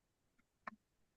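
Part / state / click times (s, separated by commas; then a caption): camera gimbal in drone gimbal mount / seated / 0.7 s. A camera gimbal marked VA 360 on top is rotated slowly in a drone gimbal mount until it clicks into position. A faint tick sounds at about 0.4 s, then a sharp click at 0.7 s, with a softer second tap right after, and the gimbal is seated.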